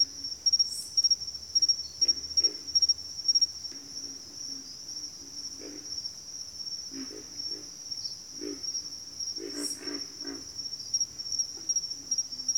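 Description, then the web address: Pig frog chorus of low grunting bursts, bunched into quick runs near the end, with an unbroken high cricket trill behind. Several pig frogs. "Natures Songs Sleep Sounds of Nature CRICKETS Pig Frogs"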